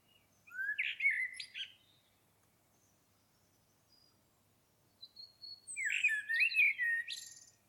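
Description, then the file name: Common blackbird song, two warbled phrases with squeaky high twitters, separated by a pause of about three seconds. "Turdus merula"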